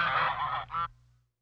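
Geese and ducks giving a short burst of nasal honking that stops abruptly under a second in, followed by silence.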